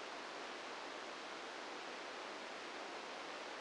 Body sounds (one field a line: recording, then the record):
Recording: brain microelectrode recording played as sound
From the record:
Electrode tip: outside the subthalamic nucleus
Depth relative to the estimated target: 3 mm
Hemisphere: right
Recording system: NeuroSet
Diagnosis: Parkinson's disease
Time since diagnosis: 9 years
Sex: female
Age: 51 years